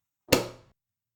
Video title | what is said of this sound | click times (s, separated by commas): Essential Guide To Espresso: 3 MUST-TRY Shots Explained! (Flair 58 Plus 2) | Tamp until you hear the click. | 0.3 s